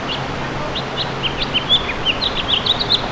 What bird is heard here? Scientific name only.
Haemorhous mexicanus